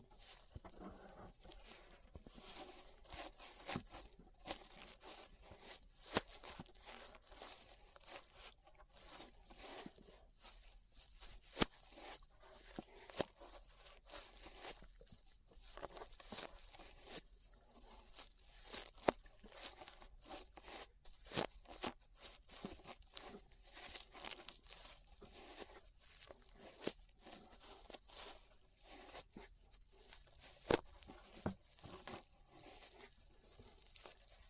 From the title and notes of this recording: ASMR Relaxing 3Dio Ear Brushing (No Talking).